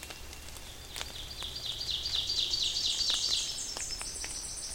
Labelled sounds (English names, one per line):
Ovenbird song